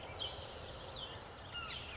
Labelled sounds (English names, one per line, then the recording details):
Spotted Towhee
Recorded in Sonoma County, California